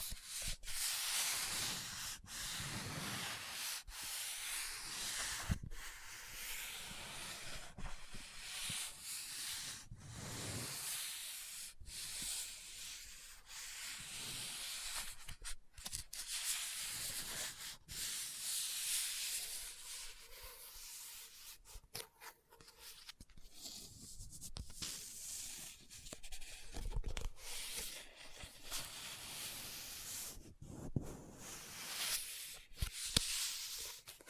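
Scratching and rubbing on a book fill the clip with a dense, bright, papery texture that rises and falls without stopping. Sharp taps cut through every couple of seconds, some louder than others, and short low thumps around the tenth and twenty-seventh seconds.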